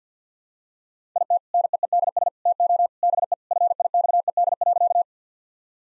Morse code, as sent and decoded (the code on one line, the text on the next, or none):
.. - / -. . . -.. ... / - --- / -... . / ..-. .. -..- . -.. .-.-.-
IT NEEDS TO BE FIXED.